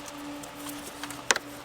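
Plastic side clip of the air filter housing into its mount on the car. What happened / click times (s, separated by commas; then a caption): The plastic side clip of the housing popped into place / 1.3 s. On a 2018 Nissan Qashqai with a 2.0 litre petrol engine, after the front grommet is pushed into its mount, the plastic side clip of the engine air filter housing is pressed into its mount on the car. A sharp pop is heard at 1.3 seconds, followed by a smaller tick and another click near the end. The clip pops into place and the housing is seated.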